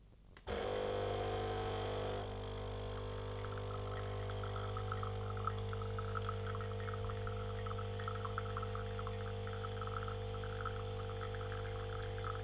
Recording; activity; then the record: daily activity, microphone in the room; make coffee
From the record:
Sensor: 4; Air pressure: 1010.2 hPa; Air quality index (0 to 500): 180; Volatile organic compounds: 5 ppm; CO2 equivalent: 1826 ppm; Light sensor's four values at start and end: 28/84/33/33 and 28/84/33/33